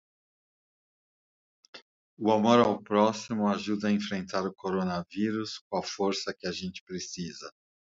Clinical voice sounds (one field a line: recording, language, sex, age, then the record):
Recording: spoken sentence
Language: Brazilian Portuguese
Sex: male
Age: 60 to 69 years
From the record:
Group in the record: control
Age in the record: 60 years